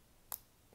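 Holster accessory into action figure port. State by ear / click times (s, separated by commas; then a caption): seated / 0.3 s. A small plastic holster accessory is pushed into a port on an S.H.Figuarts Batman action figure from The Dark Knight. A single sharp click is heard at 0.3 s against a quiet background, and the holster seats in place.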